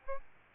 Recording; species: mosquito wingbeat signal from an infrared sensor; Aedes albopictus